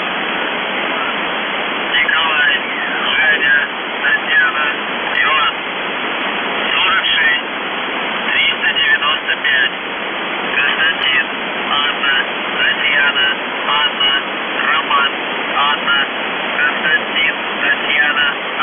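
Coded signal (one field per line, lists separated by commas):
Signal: numbers station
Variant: UVB-76, Russian voice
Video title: The Buzzer/UVB-76(4625Khz) September 20, 2021 07:51UTC Voice message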